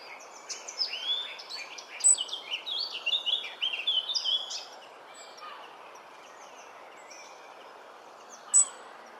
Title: Robin Birds Chirping